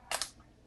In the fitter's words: lock it in there okay